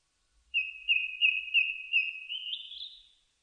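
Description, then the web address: Japanese thrush giving a quick series of about seven clear whistled notes on one pitch, ending in a short rising warble; otherwise quiet. Recorded 4 May 2001. "2001 010504 kurotugumi"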